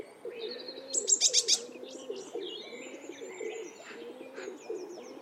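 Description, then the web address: Eurasian blue tit call: a short burst of rapid, high, thin notes about a second in, over steady repeated low cooing of a dove and faint twittering. "cianscape. Deverinetal"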